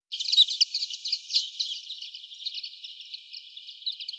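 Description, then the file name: European greenfinch twittering: a continuous high jumble of quick chirps and trills, steady throughout without a break. "Chloris chloris"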